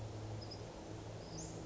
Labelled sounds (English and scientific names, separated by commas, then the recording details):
Western Flycatcher (Empidonax difficilis)
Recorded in Sonoma County, California